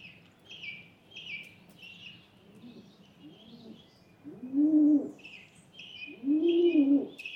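Rock pigeon cooing: two deep, arched, rolling coos in the second half after softer ones earlier, with small birds chirping steadily above.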